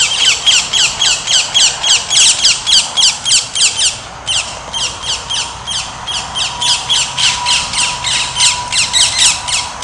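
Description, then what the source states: Rose-ringed parakeet, harsh shrill screeching calls repeated rapidly and almost continuously, about three to four a second; a faint steady hum underneath. Recorded on 11 July 2018.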